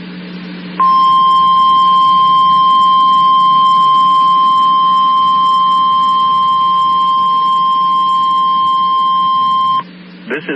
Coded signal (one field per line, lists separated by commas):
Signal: Emergency Alert System (SAME) tones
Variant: 1050 Hz attention tone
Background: speech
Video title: EAS 4558-4560 Tests from 12/21/22 and HWW from 12/23/22